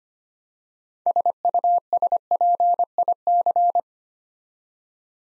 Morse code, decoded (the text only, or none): SUSPIC